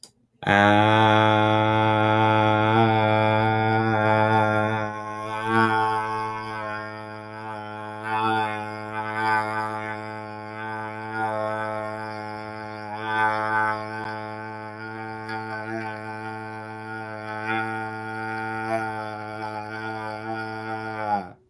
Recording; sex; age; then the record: vowel held as long as possible; male; 18 to 19 years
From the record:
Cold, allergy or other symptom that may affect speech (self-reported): no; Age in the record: 18 years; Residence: Georgia, United States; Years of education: 13